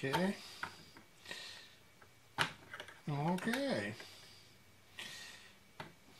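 During a short block install on a Stihl MS 250C chainsaw, a retaining clip is handled and pushed toward its groove on the engine part, producing a few sharp taps and brief scrapes while someone talks. Nothing has clicked or seated into the groove yet.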